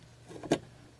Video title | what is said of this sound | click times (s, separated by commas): AUXITO 9006 LED Headlight Bulbs Review | Twist to lock, just like the halogens came out. See? | 0.4 s